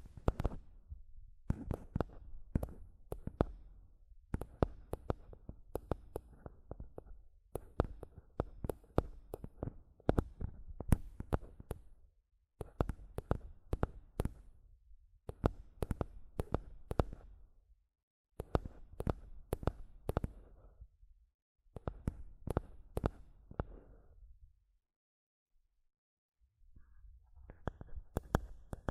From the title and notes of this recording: ASMR Mic Tapping and Scratching (No Talking).